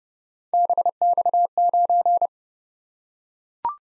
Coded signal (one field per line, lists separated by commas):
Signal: Morse code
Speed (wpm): 29 wpm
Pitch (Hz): 700 Hz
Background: none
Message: BX9